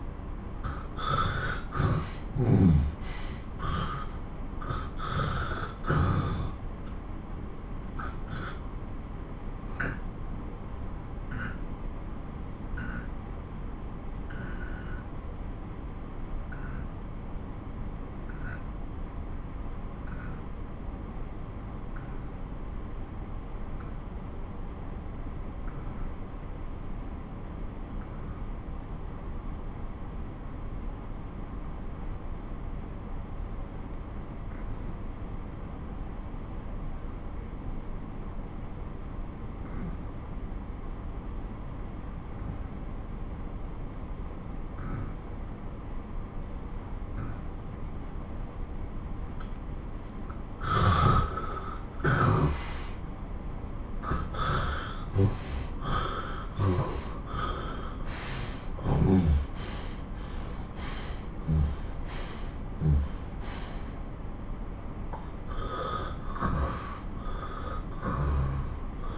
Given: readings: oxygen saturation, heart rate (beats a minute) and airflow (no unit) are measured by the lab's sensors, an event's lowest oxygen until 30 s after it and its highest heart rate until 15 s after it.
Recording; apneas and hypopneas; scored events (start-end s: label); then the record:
breathing in sleep by a smartphone at the bedside; 1
7.00-37.00 s: new sleep stage, N2 (light sleep)
9.00-49.30 s: obstructive apnea (N2, oxygen 95% highest, then 83% lowest)
37.00-69.18 s: new sleep stage, N1 (lightest sleep)
From the record:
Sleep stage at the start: N1 (lightest sleep); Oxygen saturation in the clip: 86 to 95%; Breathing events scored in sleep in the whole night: 217 in 6.3 hours asleep